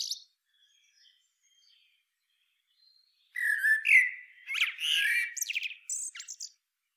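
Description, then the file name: Eurasian blackbird singing after a brief pause, a warbled fluty phrase followed by scratchy high twitters and squeaks, ending with sharp high notes. "Turdus merula"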